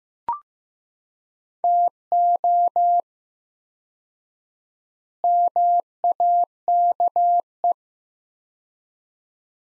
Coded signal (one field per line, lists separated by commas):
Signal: Morse code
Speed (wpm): 15 wpm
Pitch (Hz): 700 Hz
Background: none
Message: TO MAKE